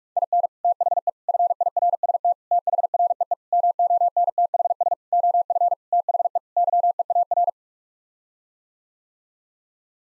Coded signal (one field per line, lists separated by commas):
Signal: Morse code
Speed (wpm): 46 wpm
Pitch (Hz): 700 Hz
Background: none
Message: IN THE FIRST THREE MONTHS OF THE YEAR